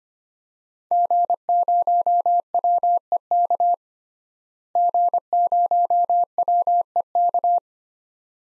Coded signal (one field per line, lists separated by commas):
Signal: Morse code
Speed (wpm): 25 wpm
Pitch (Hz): 700 Hz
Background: none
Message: G0WEK G0WEK